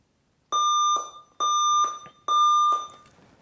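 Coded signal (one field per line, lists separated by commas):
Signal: beep code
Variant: Dell/Alienware BIOS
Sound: three steady mid-pitched electronic beeps, about half a second each, evenly spaced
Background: small room echo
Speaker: so i'm getting a three to one beeping code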